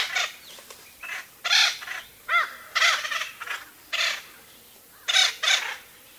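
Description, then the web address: Bird calls: coarse, scratchy bursts mixed with one clear, arched ringing note, in an irregular, excited series. "az brid sounds"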